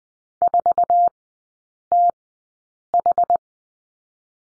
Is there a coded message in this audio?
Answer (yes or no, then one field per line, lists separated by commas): yes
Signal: Morse code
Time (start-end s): 0.4-3.4 s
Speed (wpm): 20 wpm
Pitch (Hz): 700 Hz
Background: none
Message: 4TH